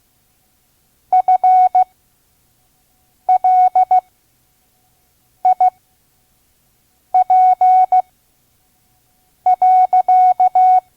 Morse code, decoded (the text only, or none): FLIP.